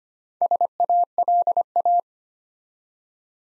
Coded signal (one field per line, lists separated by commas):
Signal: Morse code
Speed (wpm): 25 wpm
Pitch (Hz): 700 Hz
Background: none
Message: SALA